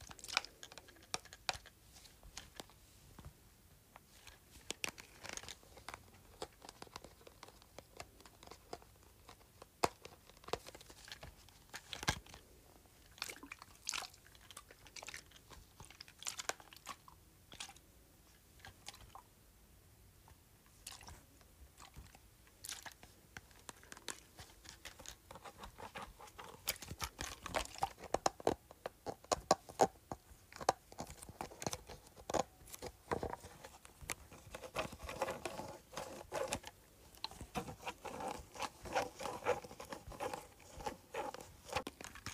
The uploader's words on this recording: ASMR Small Amount of Water in Plastic Bottle.